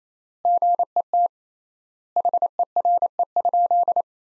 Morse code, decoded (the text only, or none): GET HERE?